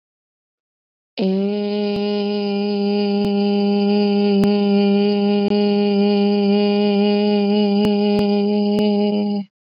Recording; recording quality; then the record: sustained vowel as in made; excellent, no background noise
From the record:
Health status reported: exposed to COVID-19, no respiratory illness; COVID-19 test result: not tested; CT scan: not taken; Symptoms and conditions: sore throat, fatigue, muscle pain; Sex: female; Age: 32 years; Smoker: no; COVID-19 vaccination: both doses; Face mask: worn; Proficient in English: yes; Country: India